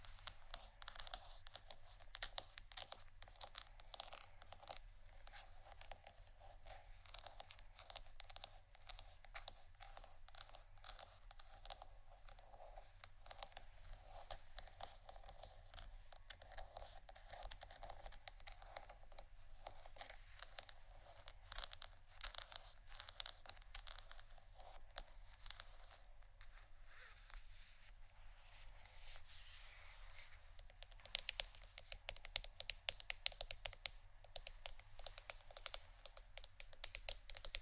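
Dense, continuous tapping and scratching on plastic bottles, crisp crinkly clicks crowding together, with a steady low hum beneath throughout.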